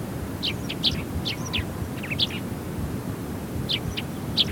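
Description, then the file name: Eurasian tree sparrow chirps in several short clusters of bright, abrupt notes, with a low droning noise throughout. "Passera Mattugia"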